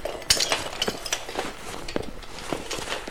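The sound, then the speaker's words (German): Shards of broken glass clink and scrape against each other as they're gathered up, a scattered series of bright, brittle taps and tinkles with no voices. “Schnell helft mir, die Scherben aufzusammeln.”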